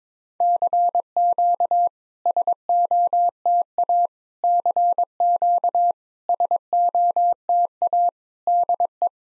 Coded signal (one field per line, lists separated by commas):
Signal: Morse code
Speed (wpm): 22 wpm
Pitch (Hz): 700 Hz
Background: none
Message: CQ SOTA CQ SOTA DE